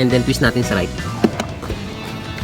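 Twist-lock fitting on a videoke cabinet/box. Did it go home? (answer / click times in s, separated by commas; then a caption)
yes / 1.2 s, 1.4 s. A twist-lock fitting on a videoke cabinet is lined up with its notch mark and twisted to the right while someone talks over background music. Sharp clicks at 1.2 and 1.4 seconds mark the part locking into place, and it is seated.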